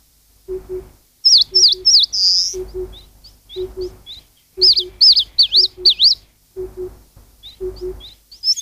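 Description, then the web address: Eastern crowned warbler singing bursts of sharp, swooping whistled notes, the first ending in a harsh buzz, while a low, soft double hoot repeats steadily in the background. "sikioto. sendaimushikui"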